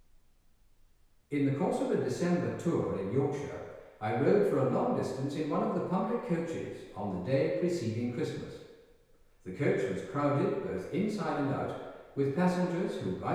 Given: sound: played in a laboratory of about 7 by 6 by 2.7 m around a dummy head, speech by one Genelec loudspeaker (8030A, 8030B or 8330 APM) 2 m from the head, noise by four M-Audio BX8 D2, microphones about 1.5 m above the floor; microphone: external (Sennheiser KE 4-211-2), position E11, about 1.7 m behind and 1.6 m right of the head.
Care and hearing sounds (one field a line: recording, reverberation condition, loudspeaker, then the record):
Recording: male speech in English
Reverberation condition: high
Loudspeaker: 30 degrees to the left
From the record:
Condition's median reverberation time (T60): about 1300 ms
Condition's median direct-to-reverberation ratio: about -4.0 dB